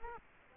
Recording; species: mosquito wingbeat signal from an infrared sensor; Culex quinquefasciatus